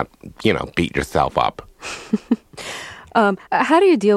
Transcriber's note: laughter